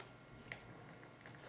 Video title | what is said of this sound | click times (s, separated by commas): étui du ipad | On a entendu les petits clics. | 0.0 s, 0.5 s, 1.3 s